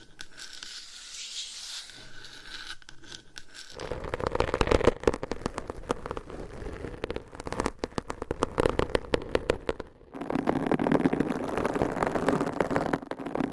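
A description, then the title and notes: Long nails scratch across microphones with quick, dense rasping strokes and crackly, tearing bursts. The first few seconds are quiet and soft, then a loud stretch of fast scratching runs from about four seconds on, turning into a thicker, rougher grinding after ten seconds. ASMR Mic Scratching Brain Scratching with 20 MICS & XXL ULTRA LONG NAILS No Talking.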